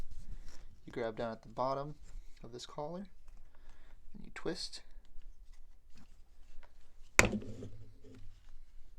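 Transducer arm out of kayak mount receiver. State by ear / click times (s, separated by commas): released / 7.2 s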